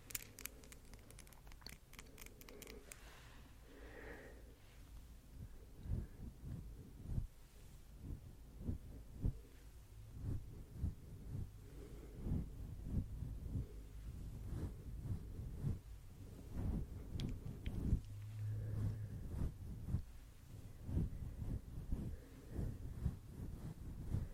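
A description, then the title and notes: Nail tapping and fluffy mic brushing: sharp, quick clicks at the start give way to dense, irregular soft thumps and rumbling swishes that continue throughout. ASMR Nail Tapping & Fluffy Mic Brushing.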